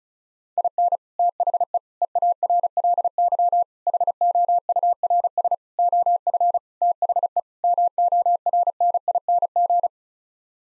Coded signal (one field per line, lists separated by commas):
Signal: Morse code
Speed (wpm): 34 wpm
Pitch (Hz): 700 Hz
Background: none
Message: IN THE EARLY HOURS OF THE MORNING